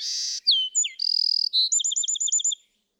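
Bewick's wren song: a buzzy opening, sharp down-slurred notes and a steady buzz, then a fast trill of paired notes ending the phrase, with no other sounds.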